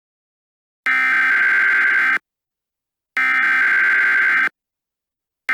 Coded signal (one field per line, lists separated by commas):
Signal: Emergency Alert System (SAME) tones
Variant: header bursts